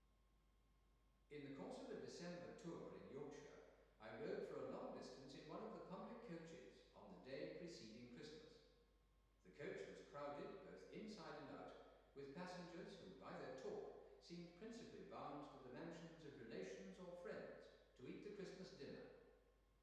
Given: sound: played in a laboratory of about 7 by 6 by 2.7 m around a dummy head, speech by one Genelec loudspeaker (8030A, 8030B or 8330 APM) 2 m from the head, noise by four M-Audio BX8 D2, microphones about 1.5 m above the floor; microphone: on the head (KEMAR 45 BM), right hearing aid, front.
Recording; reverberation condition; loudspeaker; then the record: male speech in English; high; 30 degrees to the left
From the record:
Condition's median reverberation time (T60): about 1300 ms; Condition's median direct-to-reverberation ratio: about -4.0 dB